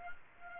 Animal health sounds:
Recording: mosquito wingbeat signal from an infrared sensor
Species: Culex pipiens

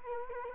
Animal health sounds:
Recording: mosquito wingbeat signal from an infrared sensor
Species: Culex quinquefasciatus

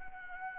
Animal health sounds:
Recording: mosquito wingbeat signal from an infrared sensor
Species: Anopheles gambiae

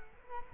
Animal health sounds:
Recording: mosquito wingbeat signal from an infrared sensor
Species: Culex quinquefasciatus

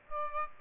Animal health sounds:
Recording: mosquito wingbeat signal from an infrared sensor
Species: Aedes aegypti

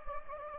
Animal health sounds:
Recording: mosquito wingbeat signal from an infrared sensor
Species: Anopheles gambiae

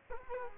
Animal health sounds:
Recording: mosquito wingbeat signal from an infrared sensor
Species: Culex quinquefasciatus

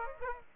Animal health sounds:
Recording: mosquito wingbeat signal from an infrared sensor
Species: Aedes aegypti

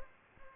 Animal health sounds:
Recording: mosquito wingbeat signal from an infrared sensor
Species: Aedes aegypti

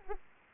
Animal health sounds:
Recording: mosquito wingbeat signal from an infrared sensor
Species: Anopheles arabiensis

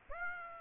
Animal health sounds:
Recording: mosquito wingbeat signal from an infrared sensor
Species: Aedes aegypti

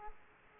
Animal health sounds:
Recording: mosquito wingbeat signal from an infrared sensor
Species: Aedes aegypti

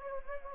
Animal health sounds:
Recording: mosquito wingbeat signal from an infrared sensor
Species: Anopheles gambiae

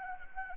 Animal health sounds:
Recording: mosquito wingbeat signal from an infrared sensor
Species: Anopheles gambiae

